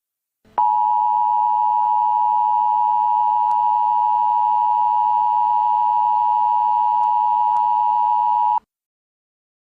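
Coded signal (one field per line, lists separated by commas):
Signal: Emergency Alert System (SAME) tones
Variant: 853 and 960 Hz attention tone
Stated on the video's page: Fictional EAS scenario, not a real broadcast alert.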